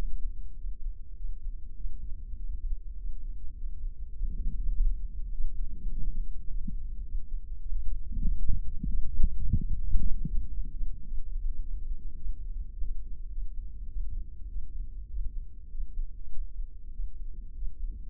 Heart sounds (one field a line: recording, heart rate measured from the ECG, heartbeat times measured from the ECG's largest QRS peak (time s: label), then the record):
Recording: heart sounds by microphone in the left ear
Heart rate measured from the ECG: 102 bpm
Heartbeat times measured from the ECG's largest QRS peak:
0.59 s: heartbeat
1.19 s: heartbeat
1.79 s: heartbeat
2.39 s: heartbeat
2.99 s: heartbeat
3.58 s: heartbeat
4.18 s: heartbeat
4.76 s: heartbeat
5.34 s: heartbeat
5.92 s: heartbeat
6.49 s: heartbeat
7.07 s: heartbeat
7.65 s: heartbeat
8.23 s: heartbeat
8.81 s: heartbeat
9.38 s: heartbeat
9.95 s: heartbeat
10.51 s: heartbeat
11.07 s: heartbeat
11.63 s: heartbeat
12.19 s: heartbeat
12.76 s: heartbeat
13.32 s: heartbeat
13.90 s: heartbeat
14.50 s: heartbeat
15.10 s: heartbeat
15.72 s: heartbeat
16.33 s: heartbeat
16.93 s: heartbeat
17.57 s: heartbeat
From the record:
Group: healthy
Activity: rest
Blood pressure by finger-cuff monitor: 155/70 mmHg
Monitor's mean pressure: 93 mmHg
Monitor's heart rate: 100 bpm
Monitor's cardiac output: 9.8 L/min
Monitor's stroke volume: 97 mL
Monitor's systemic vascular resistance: 700 dyn s/cm5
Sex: male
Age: 21 years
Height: 175 cm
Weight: 72.6 kg